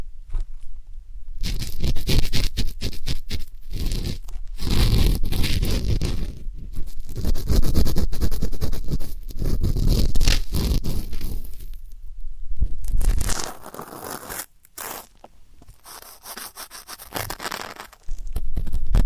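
Ear cleaning sounds for ASMR: dense scratchy rubbing and scraping bursts, strong then thinning after thirteen seconds, with brief silent gaps.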